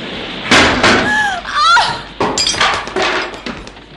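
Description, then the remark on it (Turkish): During a storm at night, a door bangs shut with a few heavy thuds, followed by high squeaking scrapes and more knocking as something is shoved against it to block it. “Kapının önünü kapattım.”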